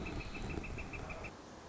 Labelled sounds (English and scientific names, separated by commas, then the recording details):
Northern Flicker (Colaptes auratus)
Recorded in Sonoma County, California